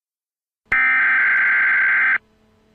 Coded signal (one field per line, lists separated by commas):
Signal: Emergency Alert System (SAME) tones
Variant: header bursts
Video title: EAS Scenario Special - The Crazy Freezever